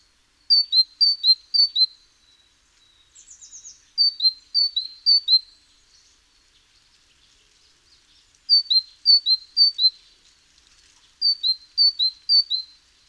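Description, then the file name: Great tit producing runs of three high descending two-note pairs, separated by short pauses, with a brief very high trill early on. "Parus major"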